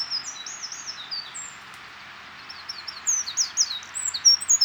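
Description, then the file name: Eurasian wren giving bursts of shrill, fast repeated notes, a short lull, then a louder rapid run. "Troglodytes troglodytes"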